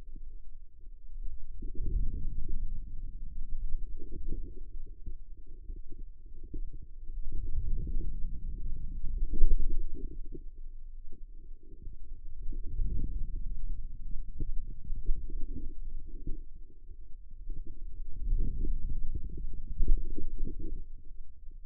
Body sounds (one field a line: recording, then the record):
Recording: forearm muscle sounds (acoustic myography)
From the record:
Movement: ulnar deviation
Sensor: system 2, bracelet of six BSWA MPA416 microphones around the upper forearm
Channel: 5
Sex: female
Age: 25 years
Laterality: right